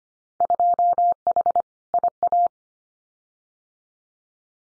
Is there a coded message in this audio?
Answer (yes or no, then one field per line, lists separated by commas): yes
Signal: Morse code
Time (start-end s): 0.4-2.5 s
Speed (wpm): 25 wpm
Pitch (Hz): 700 Hz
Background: none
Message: 2H IA